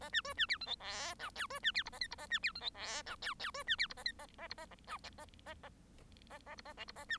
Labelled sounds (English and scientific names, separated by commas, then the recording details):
Bengalese Finch (Lonchura striata domestica) song
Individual Bird1